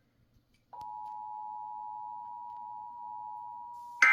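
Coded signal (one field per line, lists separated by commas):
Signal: Emergency Alert System (SAME) tones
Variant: 853 and 960 Hz attention tone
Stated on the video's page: Monthly radio EAS test received off FM and AM stations, heard on Sage, Sparc, ASI and C.Crane receivers.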